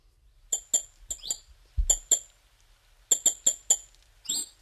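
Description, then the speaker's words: European robin calls: sharp high ticking notes in short runs of one to four, separated by short pauses, with a faint low thump once. Common bird of the Canary Islands, mid-altitude zone (medianías); played recording. "Ahora nos vamos a escuchar otro ave también bastante común, el petirrojo."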